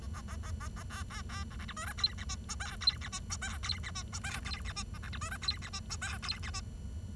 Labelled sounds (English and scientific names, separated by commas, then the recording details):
Bengalese Finch (Lonchura striata domestica) song
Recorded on 23 June 2012 at 09:35
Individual gr41rd51